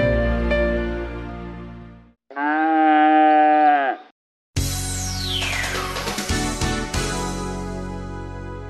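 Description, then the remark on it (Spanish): A cow moos twice in long, droning, harmonic calls, the second louder and steadier, followed after a brief pause by a busier, noisier stretch of sound with a falling sweep. “Y las vacas dan más leche si escuchan música relajante.”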